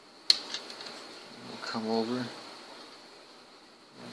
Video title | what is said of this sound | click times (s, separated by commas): Hoppin' Mad Assembly | these can just be snapped in place with your hands like so we'll | 0.3 s